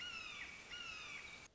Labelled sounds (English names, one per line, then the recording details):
Red-shouldered Hawk
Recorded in Sonoma County, California